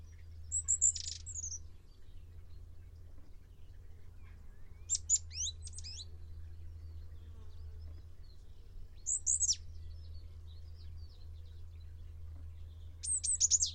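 Bird song of quick high chirp clusters and steep downward notes, heard in bursts every four seconds or so above constant low rumble.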